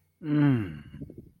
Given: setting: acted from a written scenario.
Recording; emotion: vocal sound without words; contentment